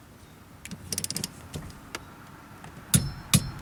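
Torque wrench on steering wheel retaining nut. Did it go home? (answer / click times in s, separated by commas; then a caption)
yes / 2.9 s, 3.3 s. A torque wrench tightens the steering wheel retaining nut on the steering column of a 1987 Honda Accord during a combo switch (headlight, high beam, turn signal) repair. A few light metallic ticks from working the wrench come first, then sharp clicks at 3.0 s and 3.3 s as the wrench reaches its set torque. The nut is confirmed torqued down to the setting.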